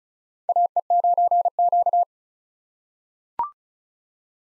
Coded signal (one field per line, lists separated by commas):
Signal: Morse code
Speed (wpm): 36 wpm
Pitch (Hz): 700 Hz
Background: none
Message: AE9Q